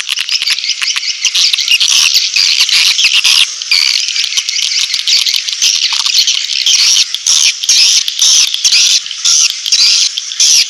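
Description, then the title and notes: Swiftlet twittering chorus, crowded high chirps with a few short dips in loudness. Swiftlet sound used in swiftlet farming, Asia. "Swiflet Bird Sound. Farming Swiflet Bird asia sound"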